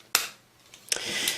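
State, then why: Seated. A plastic part of a Transformers Titans Return Voyager Class Astrotrain figure is pegged into the figure's body. It clicks into place with a sharp, loud plastic snap at 0.2 s, followed by a faint tick at 0.7 s and another sharp snap at 0.9 s that runs into a steady rustling noise. The part is seated.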